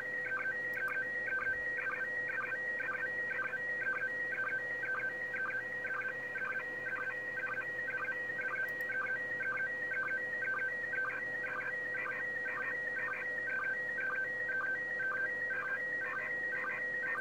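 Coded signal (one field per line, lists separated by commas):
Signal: SSTV (slow-scan television)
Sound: warbling tones hopping between two pitches, with a short low blip about twice a second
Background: radio static, steady low hum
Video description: monitoring path of USA and taking care of Doppler frequency shift on 2m 145.800 FM, while capturing image using RX-SSTV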